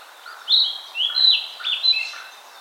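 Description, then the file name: Narcissus flycatcher song: one short sequence of sliding whistled notes, rising and falling, with soft lower chirps behind. "Ficedula narcissina"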